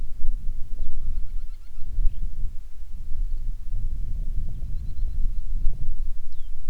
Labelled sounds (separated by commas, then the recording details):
bird, wind
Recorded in the Prudhoe Bay oil fields, Alaska, on 10 July 2019 at 10:07
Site 11